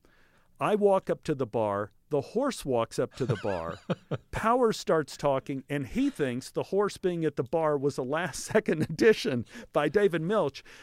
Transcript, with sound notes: I walk up to the bar. The horse walks up to the bar.
(LAUGHTER)
Powers starts talking and he thinks the horse being at the bar was the last second edition by David Milch.